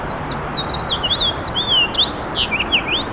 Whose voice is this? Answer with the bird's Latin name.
Haemorhous mexicanus